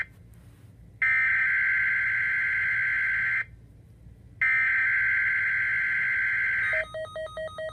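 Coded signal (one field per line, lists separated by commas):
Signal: Emergency Alert System (SAME) tones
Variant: header bursts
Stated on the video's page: NOAA Weather Radio weekly test held on Thursday after rain cancelled Wednesday's test.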